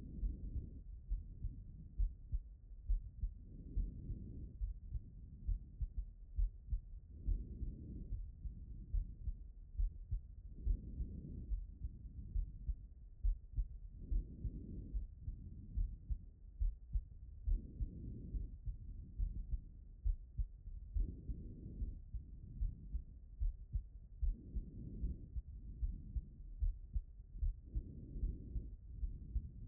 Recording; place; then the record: heart sounds by stethoscope; pulmonary valve (PV)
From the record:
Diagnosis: non-HFrEF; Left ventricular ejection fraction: 71%